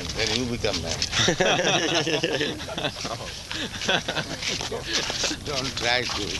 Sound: laughter

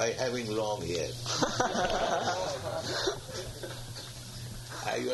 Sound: laughter

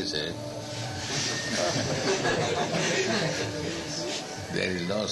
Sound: laughter

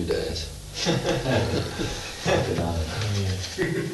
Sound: laughter

